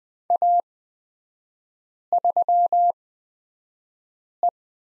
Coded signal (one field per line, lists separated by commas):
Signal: Morse code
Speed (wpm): 20 wpm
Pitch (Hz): 700 Hz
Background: none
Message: A3E